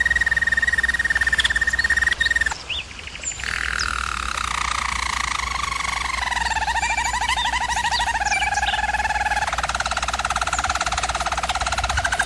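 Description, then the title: German Roller canary singing long, even rolled tours. A high steady roll breaks off briefly, then lower gliding rolls descend slowly, over a faint constant hum. Used for canary training. "German Roller Canary Singing - Canary Training Vid"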